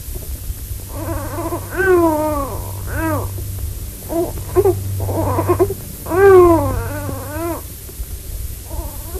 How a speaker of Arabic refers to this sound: هذا بكاء طفل يمكن وضعت له مراته.